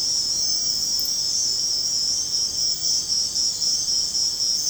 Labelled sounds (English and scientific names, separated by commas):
none